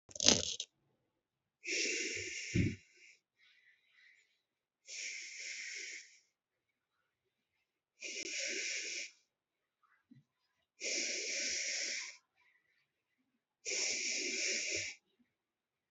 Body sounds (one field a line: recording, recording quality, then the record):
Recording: deep breathing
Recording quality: excellent, no background noise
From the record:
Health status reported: healthy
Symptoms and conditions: none ticked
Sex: male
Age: 31 years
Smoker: not ticked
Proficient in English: yes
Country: India